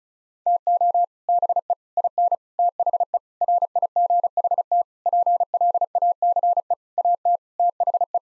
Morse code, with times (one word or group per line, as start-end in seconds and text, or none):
0.5-1.0 TO
1.3-1.7 BE
2.0-2.4 IN
2.6-3.2 THE
3.4-4.8 RIGHT
5.1-6.7 PLACE
7.0-7.4 AT
7.6-8.2 THE